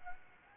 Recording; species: mosquito wingbeat signal from an infrared sensor; Anopheles gambiae